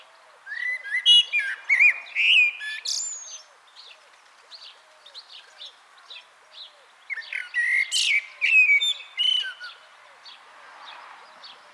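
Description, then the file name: Common blackbird song in two bursts of mellow whistles and shrill twitters, while quiet low notes tick along at a steady pace throughout. "Turdus merula"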